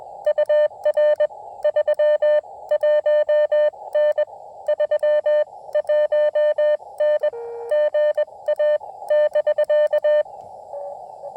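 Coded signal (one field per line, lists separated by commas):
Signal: Morse code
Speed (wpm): 20 wpm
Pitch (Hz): 600 Hz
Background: none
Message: UR 31N 31N GA <BK>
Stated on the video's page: 20 m POTA activation late in the day, keyed with a new Putikeeg Puck key, into a 17-foot RandoWire antenna on a carbon-fiber mast.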